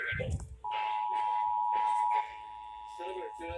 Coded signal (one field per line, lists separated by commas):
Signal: Emergency Alert System (SAME) tones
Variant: 853 and 960 Hz attention tone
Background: speech